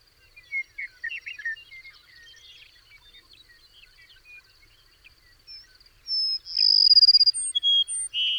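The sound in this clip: Bird song of scattered short chirps, then a loud run of bright, high whistled notes near the end, over a constant high insect buzz.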